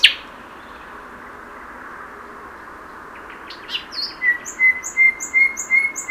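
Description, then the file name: Common nightingale song: after near silence, a string of rapid repeated notes pairing a low whistle with a high chip, getting louder. "Luscinia megarhynchos"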